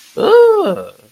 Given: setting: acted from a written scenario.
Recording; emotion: vocal sound without words; interest